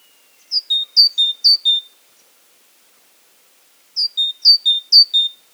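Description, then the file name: Great tit calling in two bursts, each of three paired high notes, a bright slurred note followed by a lower flat one, separated by about two seconds of silence. "Parus major"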